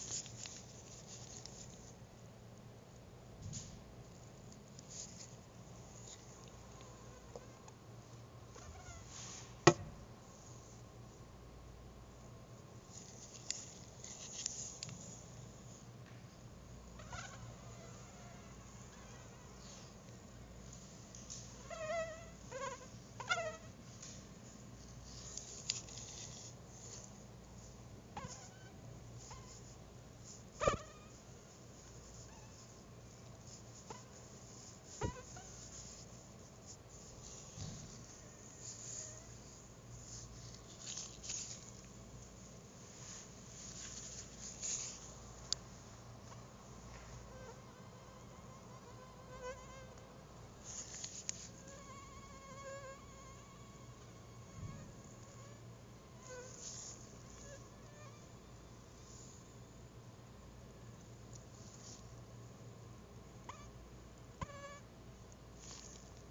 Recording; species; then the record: mosquito flight sound by mobile phone; Anopheles dirus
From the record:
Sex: mixed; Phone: Google Nexus